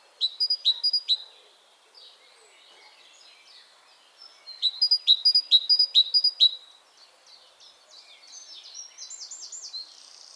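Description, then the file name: Great tit giving clusters of sharp metallic notes, a short burst early and a longer run midway, separated by quiet twittering; a thin trill follows at the end. "Parus major"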